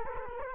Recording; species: mosquito wingbeat signal from an infrared sensor; Culex quinquefasciatus